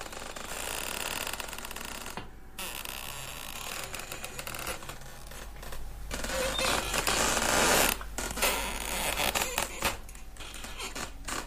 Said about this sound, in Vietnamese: 12 giờ đêm, ông Vũ đang thiêu thiêu ngủ gật, tự nhiên có âm thanh lạ làm ông tỉnh. Ngoài bờ tường mấy cái lỗ có cái gì đó cứ rít lên ken két khó chịu.